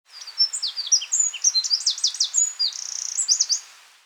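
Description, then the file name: Eurasian wren singing a loud, rapid outpouring of high, sharp notes and fast trills, with an even trill near the end. "Troglodytes troglodytes"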